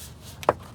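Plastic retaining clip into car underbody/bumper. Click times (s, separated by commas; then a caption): 0.5 s. A stubborn plastic retaining clip for a Downforce Solutions V3 aero panel is pushed up and then down into the underbody/bumper of a Focus RS. A faint tap at about 0.4 s is followed by a sharp, bright click at 0.5 s over low background noise. The clip clicks in and is seated.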